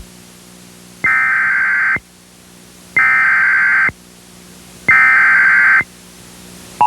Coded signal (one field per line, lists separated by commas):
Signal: Emergency Alert System (SAME) tones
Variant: header bursts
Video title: EAS Mock #11 | Champaign's Hellscape #ChampaignsDestructiveTroubles